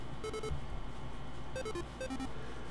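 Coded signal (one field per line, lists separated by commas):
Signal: none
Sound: a game's reward jingle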